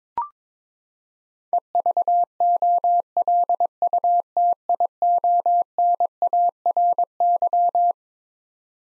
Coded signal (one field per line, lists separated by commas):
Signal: Morse code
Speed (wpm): 22 wpm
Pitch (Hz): 700 Hz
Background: none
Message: EVOLUTIONARY